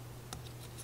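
A laser-cut wooden piece of a Rolife Ferris Wheel 3D wooden puzzle is wiggled and pressed into the frame of the wooden Ferris wheel model, under a steady low hum. A short, sharp click at 0.3 s marks the piece snapping into place, and it is seated.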